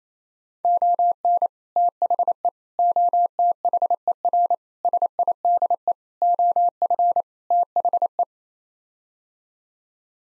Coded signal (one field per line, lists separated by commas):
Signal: Morse code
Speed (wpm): 27 wpm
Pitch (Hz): 700 Hz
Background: none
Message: ON THE OTHER SIDE OF THE